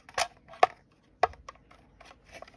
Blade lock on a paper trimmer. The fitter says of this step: the blade lock just pull back lightly and it clicks into place